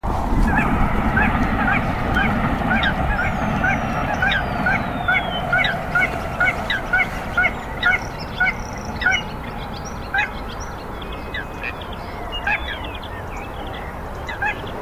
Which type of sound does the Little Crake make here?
song